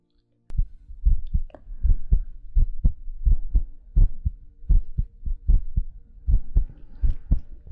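Low, dull thumps of an adult heartbeat repeat at roughly 80 beats per minute, some paired, under a faint steady hum, heard close up with soft breathing in the background, in the style of ASMR.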